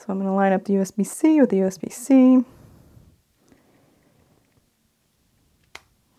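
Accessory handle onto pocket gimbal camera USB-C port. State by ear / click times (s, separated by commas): seated / 5.8 s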